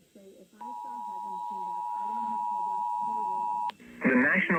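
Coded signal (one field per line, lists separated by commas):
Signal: Emergency Alert System (SAME) tones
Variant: 853 and 960 Hz attention tone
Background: speech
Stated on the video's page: Weather alerts caught during a severe weather event.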